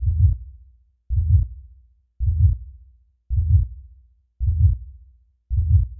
Heartbeat.